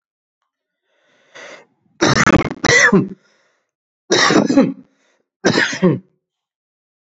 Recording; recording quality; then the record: heavy voluntary cough; excellent, no background noise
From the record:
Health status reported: COVID-19 positive, no symptoms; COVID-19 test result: positive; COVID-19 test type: RT-PCR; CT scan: not taken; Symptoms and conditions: cough, fever, muscle pain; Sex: male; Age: 33 years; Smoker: yes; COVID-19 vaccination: both doses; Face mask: not worn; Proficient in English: yes